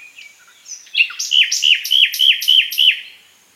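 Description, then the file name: Common nightingale song phrase of about six loud, evenly repeated whistled notes, each sharply rising then dropping, after a few soft introductory chirps. "Luscinia megarhynchos"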